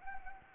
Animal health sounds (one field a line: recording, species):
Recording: mosquito wingbeat signal from an infrared sensor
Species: Anopheles arabiensis